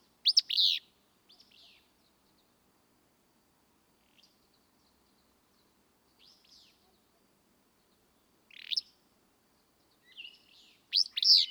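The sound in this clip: Willow flycatcher repeating a harsh, burry song phrase several times, with brief faint chirps between songs.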